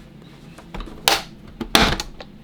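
A plastic housing panel is prised off a De'Longhi Magnifica S bean-to-cup coffee machine during disassembly, with faint handling sounds throughout. Its two small plastic retaining clips pop loose with sharp snaps at 1.1 s and 1.8 s, and the panel comes free; one of the clips turned out to be broken.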